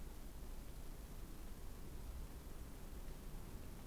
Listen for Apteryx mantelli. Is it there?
no